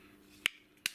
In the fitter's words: give it a push, and that clips up there.